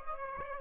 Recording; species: mosquito wingbeat signal from an infrared sensor; Aedes aegypti